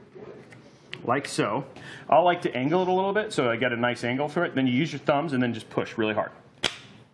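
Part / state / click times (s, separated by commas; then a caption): DDR5 memory module into motherboard DIMM slot / seated / 6.7 s. A DDR5 memory module is set at a slight angle into a motherboard DIMM slot and pushed down hard with both thumbs while someone talks. At 6.7 s the retention latch snaps with a single sharp, solid click, and the module is seated.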